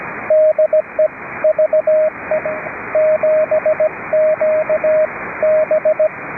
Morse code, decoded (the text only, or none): DE VE7QB